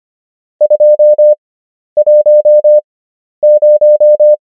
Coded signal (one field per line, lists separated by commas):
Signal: Morse code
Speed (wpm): 25 wpm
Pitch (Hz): 600 Hz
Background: none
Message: 210